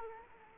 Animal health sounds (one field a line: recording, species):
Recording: mosquito wingbeat signal from an infrared sensor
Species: Culex quinquefasciatus